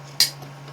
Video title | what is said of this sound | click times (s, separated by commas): Belt Hoop Embroidery Tutorial. #Embroidery | And you heard it snap, see? | 0.2 s